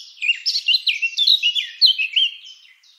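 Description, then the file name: Eurasian blackcap song: a steady flowing series of loud, clear whistles, each swooping down and up, fading out after about two and a half seconds. "Sylvia atricapilla"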